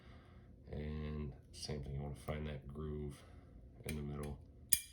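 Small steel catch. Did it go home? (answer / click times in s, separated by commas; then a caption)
yes / 4.7 s. Someone talks while a magazine release is reinstalled into an Atlas 2011 open gun pistol frame from the right side, its screw turned a quarter turn clockwise to find the groove in the middle. At 4.7 s a sharp, bright click rings out as the release snaps into place, fully seated.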